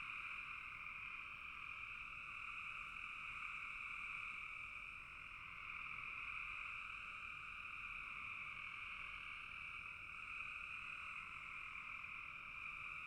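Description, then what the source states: Many frogs trilling at once, a constant high buzzing wash with gentle rises and dips in loudness throughout. Frogs calling in a bog.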